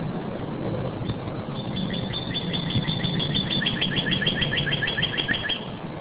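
Northern cardinal singing a long, even string of rapid, sharp downslurred whistles, with a low droning hum underneath.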